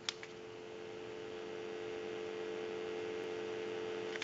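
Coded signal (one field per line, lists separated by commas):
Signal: telephone call progress tone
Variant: North America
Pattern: dial tone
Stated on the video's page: Tone on a Panasonic KX-TG2357 cordless telephone during initial checkout and repair.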